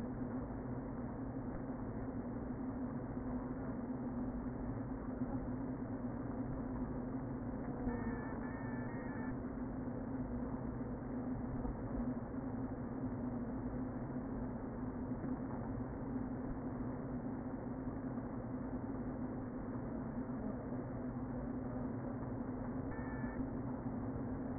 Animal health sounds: honeybee colony, microphone inside the hive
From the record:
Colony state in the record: queen present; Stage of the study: before two queens were removed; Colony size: about 60,000 bees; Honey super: yes

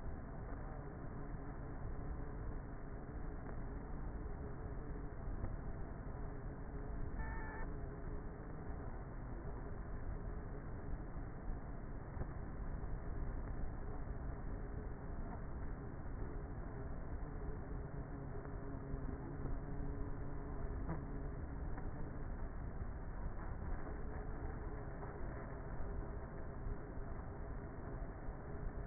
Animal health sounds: honeybee colony, microphone inside the hive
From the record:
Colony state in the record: queenless with a low population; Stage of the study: before two queens were removed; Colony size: about 30,000 bees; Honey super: no

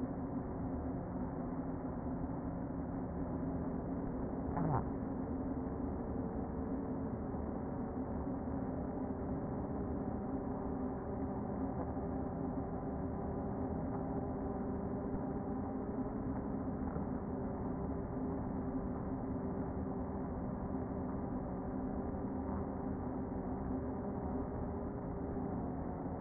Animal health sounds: honeybee colony, microphone inside the hive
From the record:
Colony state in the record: queen present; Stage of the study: before two queens were removed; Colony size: about 60,000 bees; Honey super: yes

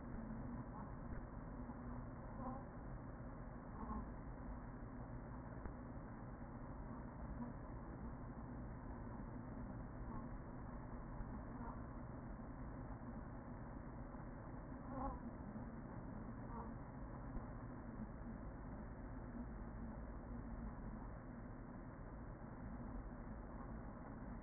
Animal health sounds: honeybee colony, microphone inside the hive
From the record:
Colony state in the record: queen present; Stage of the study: after two queens were removed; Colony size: about 40,000 bees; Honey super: no

